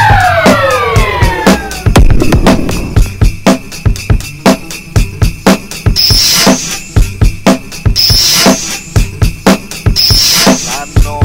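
A police car siren opens with a falling, multi-toned sweep, then settles into high wails repeating about every two seconds over a steady, rhythmic clatter, loud throughout.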